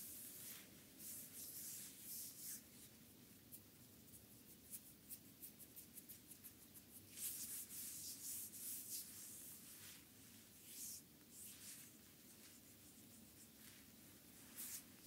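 Hands massage feet with cream, a steady soft rubbing that runs through the whole stretch. Bright, moist hissing strokes come in quick bursts every second or so, clustering densely around the middle and again near the end, over a constant low murmur.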